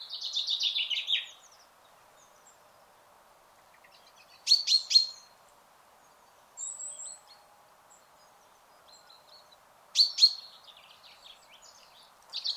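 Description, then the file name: Common chaffinch: a buzzy trill at the start, then short bursts of sharp high notes every few seconds. "Fringilla coelebs"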